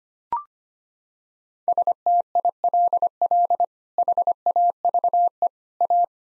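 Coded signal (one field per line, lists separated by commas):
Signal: Morse code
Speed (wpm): 25 wpm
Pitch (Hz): 700 Hz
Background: none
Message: STILL HAVE A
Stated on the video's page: Sets of seven common English words sent in Morse at 25 wpm, repeated after speaking; head-copy drill.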